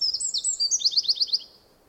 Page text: Звук Крапивника, Подкоренника (Troglodytes troglodytes). Sound Pack. Птицы России